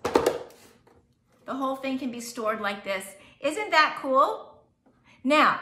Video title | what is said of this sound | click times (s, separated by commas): Rapid-Prep Mandoline - Pampered Chef | the kickstand closes up and it just snaps into place like this | 0.0 s, 0.2 s